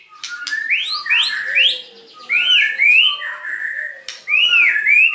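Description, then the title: White-rumped shama song with clear ringing whistles, each phrase climbing then arching over, mixed with quick chips and a softer low warble beneath, repeated in bursts about every two seconds. Singing constantly (gacor), used as a lure (pancingan) to provoke other shamas into responding. "PANCINGAN MEWAH MURAI BATU GACOR"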